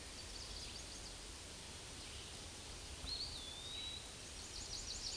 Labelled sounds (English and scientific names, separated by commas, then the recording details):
Eastern Wood-Pewee (Contopus virens) song
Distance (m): 60 m
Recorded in a Pennsylvania forest on 18 May 2023 at 06:42
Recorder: AudioMoth, point grid1_12_low
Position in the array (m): 166 m, 172 m